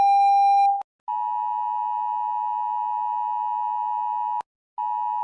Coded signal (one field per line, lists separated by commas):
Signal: Emergency Alert System (SAME) tones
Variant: 853 and 960 Hz attention tone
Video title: Rating EAS alarms!